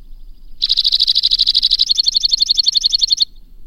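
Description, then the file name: White-winged crossbill trilling: a single phrase of about two and a half seconds, beginning as a fast buzz and ending in slower, distinctly separated notes. "suara kicauan burung white winged crossbill. omkicau"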